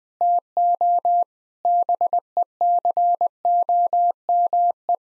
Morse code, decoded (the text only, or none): TO BECOME